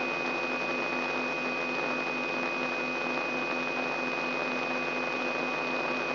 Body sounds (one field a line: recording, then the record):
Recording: brain microelectrode recording played as sound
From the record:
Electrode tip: inside the subthalamic nucleus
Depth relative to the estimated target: 2 mm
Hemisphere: right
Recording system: AlphaMap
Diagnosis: Parkinson's disease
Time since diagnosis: 9 years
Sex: female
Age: 46 years